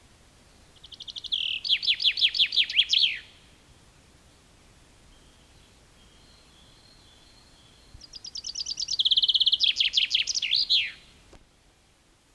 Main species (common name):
Common Chaffinch